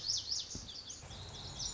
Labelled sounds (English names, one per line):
Lazuli Bunting